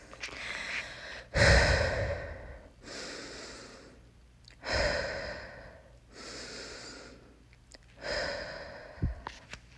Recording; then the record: deep breathing after running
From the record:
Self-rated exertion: moderate exertion (3 of 6); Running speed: 5 miles an hour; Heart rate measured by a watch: 139 beats a minute at the start, 136 at the end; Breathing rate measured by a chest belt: 17 breaths a minute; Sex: female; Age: 18 years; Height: 171 cm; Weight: 75 kg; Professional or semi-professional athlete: no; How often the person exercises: 1 to 2 times a week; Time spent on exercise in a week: under 1 hour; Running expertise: no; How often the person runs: 1 to 2 times a week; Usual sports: running, fencing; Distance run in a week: 3 km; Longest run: 21.3 km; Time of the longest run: 190 minutes